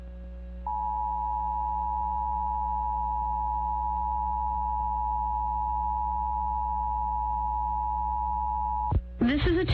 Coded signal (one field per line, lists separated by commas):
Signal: Emergency Alert System (SAME) tones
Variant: 853 and 960 Hz attention tone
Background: speech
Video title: August 2021 Oklahoma Required Monthly Test (Subchannel Showcase Part 4) | 8/3/21 | EAS 410-417